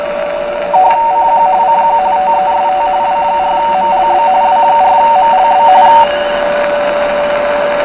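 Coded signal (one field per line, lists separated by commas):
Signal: RTTY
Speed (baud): 45.45 baud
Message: CQ CQ TEST W4MLB W4MLB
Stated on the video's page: RTTY from an amateur radio society on 14.090, received on a Tecsun PL-660.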